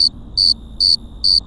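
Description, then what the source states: Cricket chirps, four high pulsed bursts evenly spaced, a faint constant high-pitched tone running underneath and soft low rumble. Crickets at Cerro Gordo, León, Guanajuato, Mexico, 18 April 2019, 9:19 p.m.; recorded close to several crickets with a Tascam DR-05X built-in microphones and WS-11 windshield.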